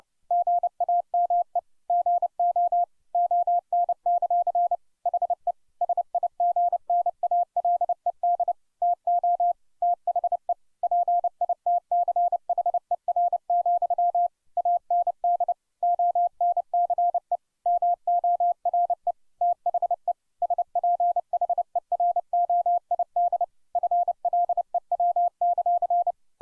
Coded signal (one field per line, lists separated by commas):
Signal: Morse code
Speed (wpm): 30 wpm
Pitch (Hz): 700 Hz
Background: none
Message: GAME GO ON; HE SIGNALED TO THE PITCHER, AND ONCE MORE THE SPHEROID FLEW;